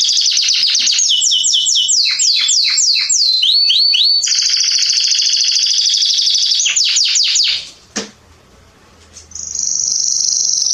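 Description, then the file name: Canary singing rapid repeated down-slurred notes, then a long buzzy roll and more quick sweeps, a brief pause, and a high steady trill. "Canary Voice"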